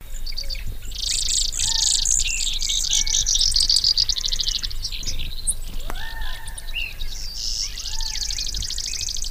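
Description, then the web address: Brewer's sparrow song: long, buzzy, high trills that shift pitch from one trill to the next and run almost without pause, with lower whistled notes underneath. Recorded June 1997. "brewers sparrow 1997-06"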